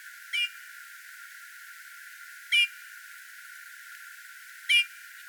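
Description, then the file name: Eurasian bullfinch calls: three soft, piping notes spaced about two seconds apart over a quiet, hissy background. "Pyrrhula pyrrhula"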